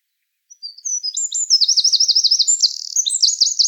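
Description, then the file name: Eurasian wren song, a loud, high, rapid outpouring of sharp notes and fast rattling trills held for about three seconds without a break. "Troglodytes troglodytes"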